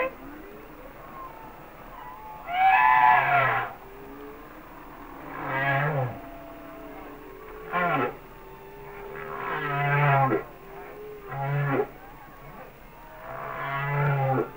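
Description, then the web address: Humpback whale song: a series of groaning and wailing units with low grunts underneath, some rising and falling, spaced irregularly. "Whale Songs Sounds of Nature - Humpback Whales"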